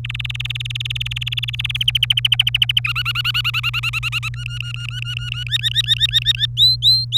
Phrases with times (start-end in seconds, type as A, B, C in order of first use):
0.04-1.77 A, 1.81-2.80 B, 2.84-4.29 C, 4.33-5.44 D, 5.46-6.46 E, 6.57-7.18 F